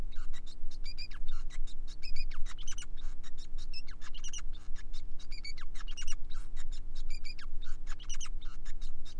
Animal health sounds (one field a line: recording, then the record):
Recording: song of a male Bengalese finch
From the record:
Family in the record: son of father 5